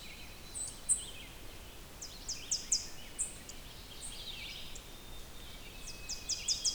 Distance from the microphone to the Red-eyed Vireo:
about 80 m